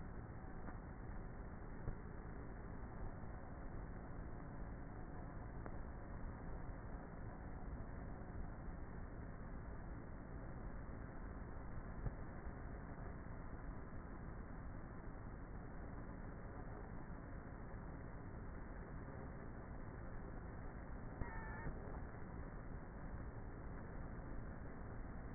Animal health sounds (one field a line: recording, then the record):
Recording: honeybee colony, microphone inside the hive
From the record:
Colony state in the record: queenless with a low population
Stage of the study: before two queens were removed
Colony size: about 30,000 bees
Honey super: no